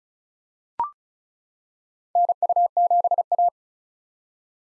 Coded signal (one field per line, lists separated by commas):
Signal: Morse code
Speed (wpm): 36 wpm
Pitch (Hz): 700 Hz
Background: none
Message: NU7A